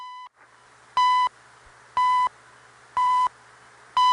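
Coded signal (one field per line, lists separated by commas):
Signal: radio time signal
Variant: CHU Canada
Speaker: So I interpreted these beeps as some station about to sign on. So I waited and eventually >> CHU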